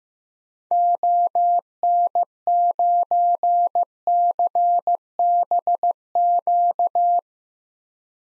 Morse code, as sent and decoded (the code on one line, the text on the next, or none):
--- -. ----. -.-. -... --.-
ON9CBQ